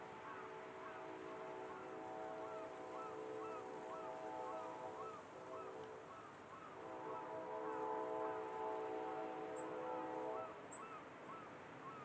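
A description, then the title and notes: Wind blows steadily through grass while a train sounds in the distance, a sustained chord of horn-like tones from the start to about five seconds and again from about seven to ten seconds. Short rising calls, likely the faint seagull, recur throughout. Perfect Summer Afternoon w/ Wind Blowing Through Grass, Train in The Distance & Faint Seagull Cawing.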